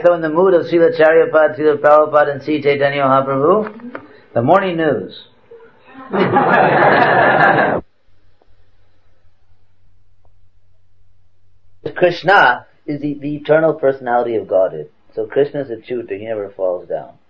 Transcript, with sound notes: So in the mood of Srila Acaryapada, Srila Prabhupada and Sri Caitanya Mahaprabhu, the Morning News. (Laughter) Krishna is the eternal Personality of Godhead. Krishna is Acyuta. He never falls down.